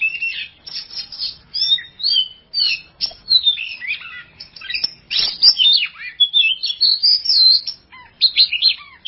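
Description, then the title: Oriental magpie-robin song: a rapid, continuous stream of varied high whistles, chirps and buzzy notes, with short phrases tumbling into one another without pause. Champion songbird. "Kicau Burung Kacer Juara"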